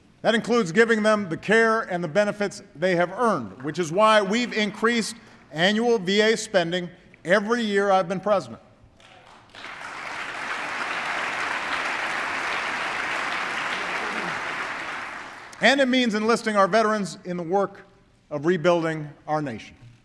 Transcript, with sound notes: That includes giving them the care and the benefits they have earned –- which is why we’ve increased annual VA spending every year I’ve been President. (Applause.) And it means enlisting our veterans in the work of rebuilding our nation.